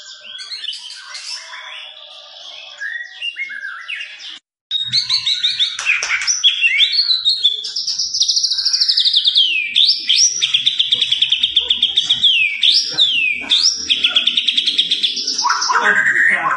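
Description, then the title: White-rumped shama song: dense mixed chatter, then a loud sustained high warble with rapid rising and falling whistled sweeps continuing to the end. Used as a lure recording to make shamas respond; described as gacor, meaning singing vigorously and continuously. "PANCINGAN MEWAH MURAI BATU GACOR, SEKALI DENGAR AMPUH LANGSUNG RESPON"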